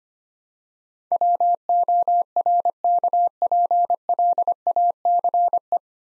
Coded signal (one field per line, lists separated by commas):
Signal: Morse code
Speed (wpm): 25 wpm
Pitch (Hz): 700 Hz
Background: none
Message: WORKPLACE